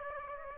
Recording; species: mosquito wingbeat signal from an infrared sensor; Aedes aegypti